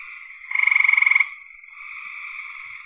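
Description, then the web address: Frog: a loud, rapid pulsed call rises over a steady background buzz, then drops back to the softer buzz. "cn frogs"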